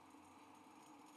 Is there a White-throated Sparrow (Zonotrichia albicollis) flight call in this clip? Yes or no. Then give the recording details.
no. No flight call is heard. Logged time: 09:12 on 5 December 2014